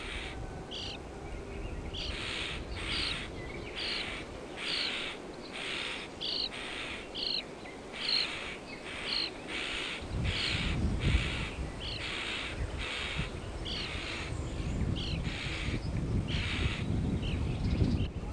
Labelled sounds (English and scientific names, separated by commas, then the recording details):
European Starling (Sturnus vulgaris)
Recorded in the wild
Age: adult
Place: Horscha, Sachsen, DE
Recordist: Meyer, Hugo
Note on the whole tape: Horscha Grünspechtbrutplatz warnend, füttern. Star ahmt Pirol nach, singt und pfeift Kuckuck